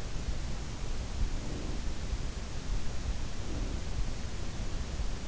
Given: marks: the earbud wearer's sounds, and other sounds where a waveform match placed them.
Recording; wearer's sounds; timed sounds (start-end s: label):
sounds in sleep by an in-ear microphone; breath
1.02-2.12 s: breath
3.15-3.99 s: breath